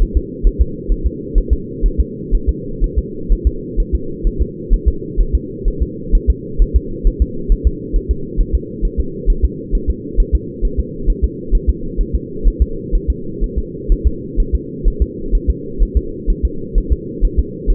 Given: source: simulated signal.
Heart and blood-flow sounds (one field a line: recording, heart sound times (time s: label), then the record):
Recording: fetal heart sounds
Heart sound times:
0.02 s: S1
0.17 s: S2
0.47 s: S1
0.61 s: S2
0.92 s: S1
1.06 s: S2
1.38 s: S1
1.53 s: S2
1.86 s: S1
2.00 s: S2
2.35 s: S1
2.49 s: S2
2.84 s: S1
2.98 s: S2
3.32 s: S1
3.47 s: S2
3.80 s: S1
3.95 s: S2
4.27 s: S1
4.42 s: S2
4.74 s: S1
4.88 s: S2
5.20 s: S1
5.35 s: S2
5.68 s: S1
5.83 s: S2
6.15 s: S1
6.30 s: S2
6.62 s: S1
6.76 s: S2
7.07 s: S1
7.22 s: S2
7.52 s: S1
7.67 s: S2
7.96 s: S1
8.11 s: S2
8.41 s: S1
8.55 s: S2
8.85 s: S1
9.00 s: S2
9.30 s: S1
9.45 s: S2
9.75 s: S1
9.90 s: S2
10.20 s: S1
10.35 s: S2
10.65 s: S1
10.80 s: S2
11.10 s: S1
11.24 s: S2
11.55 s: S1
11.70 s: S2
12.01 s: S1
12.15 s: S2
12.48 s: S1
12.62 s: S2
12.95 s: S1
13.10 s: S2
13.44 s: S1
13.58 s: S2
13.92 s: S1
14.07 s: S2
14.40 s: S1
14.55 s: S2
14.88 s: S1
15.02 s: S2
15.35 s: S1
15.50 s: S2
15.83 s: S1
15.97 s: S2
16.30 s: S1
16.45 s: S2
16.78 s: S1
16.92 s: S2
17.25 s: S1
17.39 s: S2
17.70 s: S1
From the record:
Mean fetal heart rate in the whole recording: 130 bpm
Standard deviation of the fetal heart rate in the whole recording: 4 bpm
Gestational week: 38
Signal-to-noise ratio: -4.3 dB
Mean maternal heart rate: 72 bpm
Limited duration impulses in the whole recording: absent